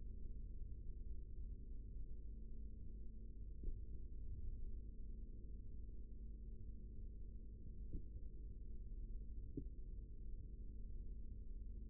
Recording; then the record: forearm muscle sounds (acoustic myography)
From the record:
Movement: rest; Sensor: system 3, bracelet of six PUI Audio POM-2738L microphones around the upper forearm, with dedicated amplification and filtering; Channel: 5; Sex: male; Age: 43 years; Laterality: right